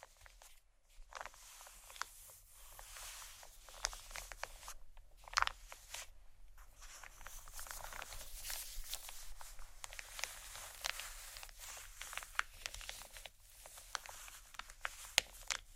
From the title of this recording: tapping,soft crinkle,scratch,plastic,textures